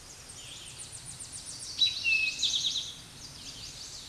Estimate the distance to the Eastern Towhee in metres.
about 20 m